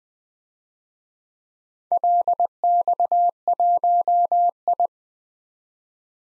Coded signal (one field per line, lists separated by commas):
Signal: Morse code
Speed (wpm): 20 wpm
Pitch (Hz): 700 Hz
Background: none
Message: LX1I